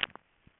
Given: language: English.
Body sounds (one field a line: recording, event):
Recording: throat vibration sensor signal played as sound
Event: swallow